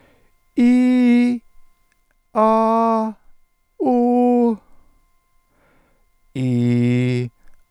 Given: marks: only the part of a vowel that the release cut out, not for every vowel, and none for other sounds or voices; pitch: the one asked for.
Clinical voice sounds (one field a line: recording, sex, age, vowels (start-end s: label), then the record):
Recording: sustained vowels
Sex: male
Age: 70 to 79 years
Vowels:
0.61-1.28 s: vowel /i/, high pitch
2.39-3.01 s: vowel /a/, high pitch
3.89-4.46 s: vowel /u/, high pitch
6.41-7.19 s: vowel /i/, low pitch
From the record:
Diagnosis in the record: dysphonia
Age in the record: 75 years